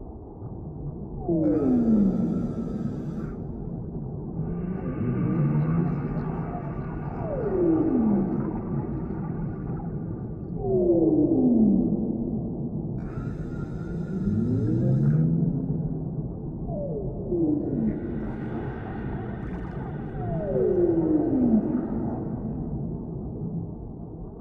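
Whales sing in a slow, repeating pattern: low moaning calls that sweep downward, each lasting a second or two, recurring every few seconds across the whole stretch. Higher buzzing, whistle-like tones rise over some of the phrases, and a low steady rumble underlies everything.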